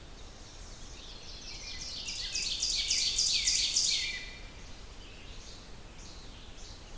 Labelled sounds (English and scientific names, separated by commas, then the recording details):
Ovenbird (Seiurus aurocapilla) song
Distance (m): 35 m
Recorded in boreal forest in Alberta, Canada, on 29 June 2016 at 07:16
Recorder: SongMeter 3, array SBT-6-79
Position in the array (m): 8 m, 102 m
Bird 40